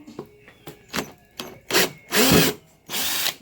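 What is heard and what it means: A power drill tries to back out a stripped screw in a boat fitting, an emblem or rudder yoke fastener. A few light taps lead to a sharp slip hit at 1.4 s, followed by three short, rising drill bursts. The bit never grips, and the stripped screw stays in place.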